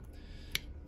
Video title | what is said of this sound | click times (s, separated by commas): 2000 Yamaha R6 Diaphragm replacement, carb cleaning and install the carbs PT.2 | it clicks right in done deal | 0.6 s